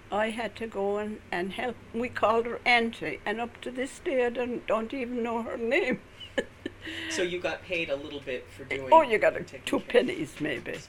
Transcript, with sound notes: I had to go and help. We called her "Aunty" and up to this day I don't even know her name. (she laughs)
So you got paid a little bit for doing?
Oh, you got two pennies, maybe.